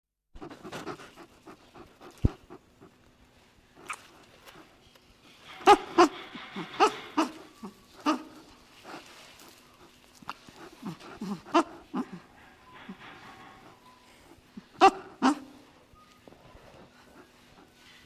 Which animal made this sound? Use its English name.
Indian Crested Porcupine